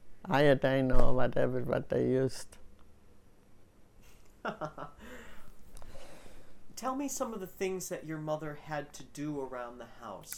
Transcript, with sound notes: iodine, or whatever what they used.
(he laughs) Tell me some of the things that your mother had to do around the house.